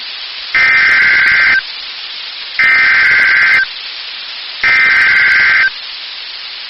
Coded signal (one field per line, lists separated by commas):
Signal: Emergency Alert System (SAME) tones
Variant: header bursts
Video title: FRIST WARNING OF RALEIGH | 5/6/22 - Severe Thunderstorm Warning on WNG706 (EAS #463)